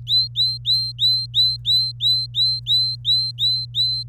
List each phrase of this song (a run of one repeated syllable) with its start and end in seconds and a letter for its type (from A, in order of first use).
0.07-4.03 A